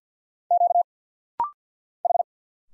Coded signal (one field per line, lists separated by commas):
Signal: Morse code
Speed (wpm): 50 wpm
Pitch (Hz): 700 Hz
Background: none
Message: Q H